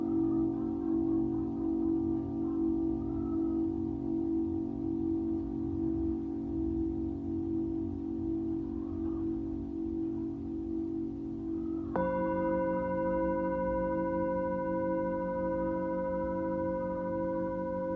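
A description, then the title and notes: A Tibetan singing bowl hums with a steady, sustained ringing tone that holds throughout, with a low rumble beneath. At about twelve seconds a second strike adds a brighter, clearer layer of ringing tones that continue evenly to the end. Tibetan Singiing Bowl のサウンドヒーリングチャンネル LIVE.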